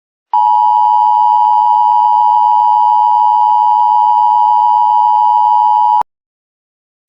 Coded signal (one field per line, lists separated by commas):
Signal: Emergency Alert System (SAME) tones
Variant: 853 and 960 Hz attention tone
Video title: EAS Mocks: Wichita FFW